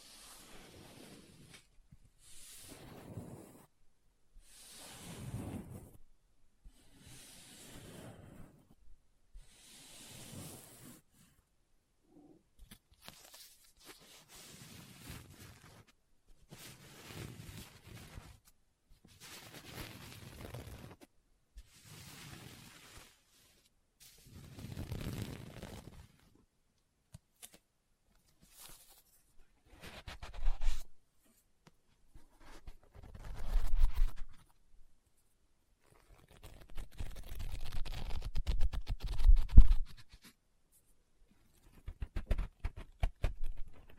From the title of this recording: Book Tapping, Scratching, Page Turning